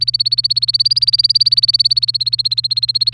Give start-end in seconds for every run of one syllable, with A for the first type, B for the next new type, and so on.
0.00-3.13 A